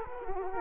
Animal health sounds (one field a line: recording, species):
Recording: mosquito wingbeat signal from an infrared sensor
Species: Culex quinquefasciatus